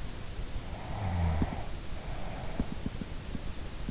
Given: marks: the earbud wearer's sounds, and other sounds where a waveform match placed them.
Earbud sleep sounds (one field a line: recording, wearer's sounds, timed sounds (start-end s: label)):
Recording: sounds in sleep by an in-ear microphone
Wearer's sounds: breath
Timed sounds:
1.00-3.31 s: breath